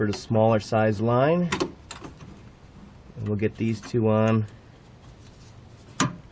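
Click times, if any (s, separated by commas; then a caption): 6.0 s. On a 2003-2004 Ford Expedition, a fuel line quick-connect coupling is centered and wiggled onto the new fuel filter's nipple while someone talks. It clicks home with a sharp snap at 6.0 seconds, and the coupling is seated.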